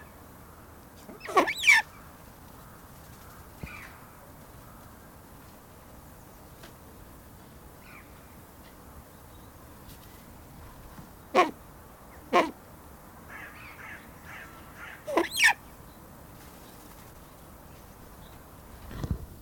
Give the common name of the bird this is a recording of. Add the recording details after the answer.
Brown Eared Pheasant. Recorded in captivity. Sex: male. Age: adult. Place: Tierpark Berlin, Berlin, DE. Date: 1997-01-12 14:30. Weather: heiter, fast windstill, -5°C. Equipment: Nagra SN, Kopie Uher 4000 Report Monitor. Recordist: Tembrock, Günter